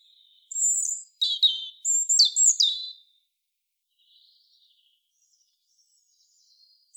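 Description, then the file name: European robin voicing thin high whistles and sharp sliding notes in a three-second phrase, followed by quiet faint twitters and a final high note. "Erithacus rubecula"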